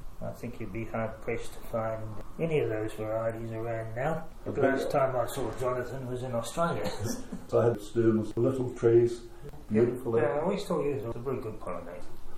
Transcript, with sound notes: I think you would be hard-pressed to find any of those varieties around now. The first time I saw Jonathan was in Australia. [Chuckle] I had Sturmers; little trees, beautiful apple. I always thought it was a very good pollinator.